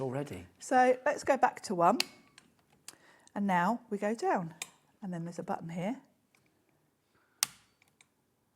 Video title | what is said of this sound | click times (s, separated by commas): 26/05/2026 HobbyMaker Live - Hunkydory, Sizzix, Anna Marie Designs | So you had to click on two there, didn't you? | 7.4 s, 8.0 s